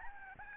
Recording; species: mosquito wingbeat signal from an infrared sensor; Aedes albopictus